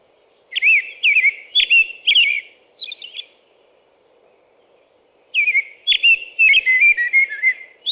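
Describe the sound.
American robin song: three or four bright whistled phrases, a pause of two seconds, then a fresh run of warbled phrases.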